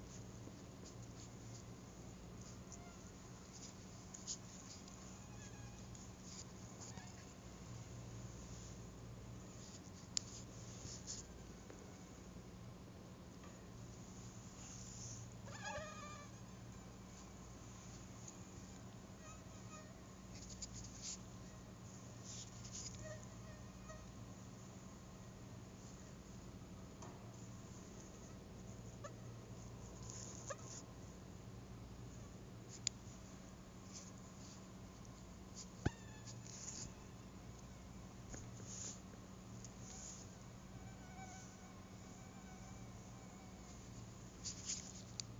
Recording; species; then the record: mosquito flight sound by mobile phone; Anopheles stephensi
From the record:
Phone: Google Nexus